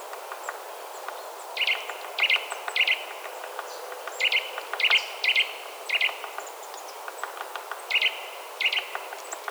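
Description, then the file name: Eurasian nuthatch uttering clusters of two or three loud piping notes separated by brief pauses, with soft clicking in the background. "Sitta europaea"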